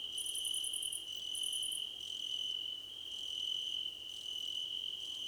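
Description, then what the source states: Crickets trilling constantly, with two quick bursts of rapid high pulses early on, then mainly the steady shrill trill and faint intermittent tones. Crickets in a chorus, described as a choir competition.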